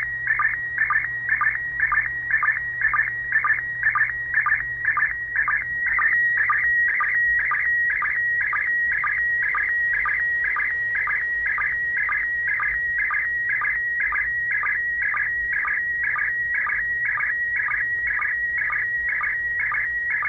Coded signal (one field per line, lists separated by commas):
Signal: SSTV (slow-scan television)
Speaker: this one's gonna be beautiful [Music] the scanner cool you know your decoding a single and it comes from space so I'm gonna stop talking because if you guys want to decode it you'll be able to